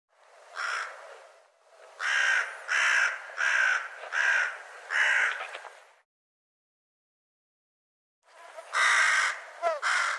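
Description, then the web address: Bird calls: a single harsh, raspy caw, then five quick caws, a pause, and a final burst of rough calls. "cianscape birddata Deverinetal 2025 Bird"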